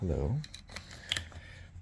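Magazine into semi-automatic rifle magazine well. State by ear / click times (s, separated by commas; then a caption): seated / 1.1 s. Someone talks briefly, then an empty magazine is pushed into the magazine well of a Marlin 795 semi-automatic rifle with a broken trigger. Soft handling knocks follow, and a sharp latch click at 1.1 s seats the magazine, with a quieter click just after.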